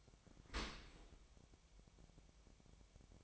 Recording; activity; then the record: daily activity, microphone in the room; open dishwasher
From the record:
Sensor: 1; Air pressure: 1006.7 hPa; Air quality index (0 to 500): 209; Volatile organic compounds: 24 ppm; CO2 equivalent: 2818 ppm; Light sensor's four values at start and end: 13/33/13/14 and 13/33/13/14